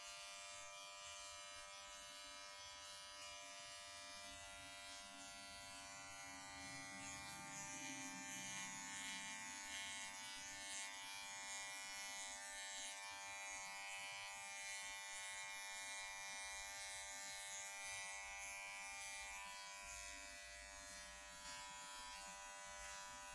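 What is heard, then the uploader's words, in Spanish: A haircut with electric clippers running the whole time, a steady, even buzz with a bright, hissy edge on top. The tone holds constant, swelling slightly louder from about seven seconds on, with a faint low rumble underneath. Corte de cabello.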